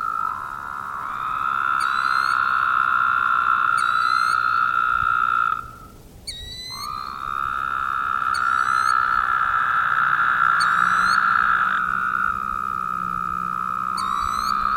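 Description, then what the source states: Woodhouse's toads give long, buzzy, nasal calls that overlap into a steady drone, with a brief break near six seconds and sharp, high, falling chirps repeated about every two seconds. Several toads calling.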